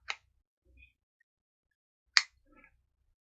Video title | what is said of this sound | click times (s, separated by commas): Unboxing a Cheap 4K video camera! #camcorder #oldguysmatter #oldguynetwork | And you just take this, slide it right in there until it clicks. | 2.2 s